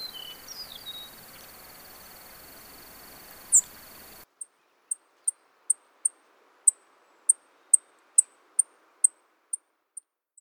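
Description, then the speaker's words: Savannah Sparrow chip calls: a steady series of many short, high, sharp notes, preceded by a few seconds of rushing background noise. Call notes described as short chips. "Savannah calls are short chips."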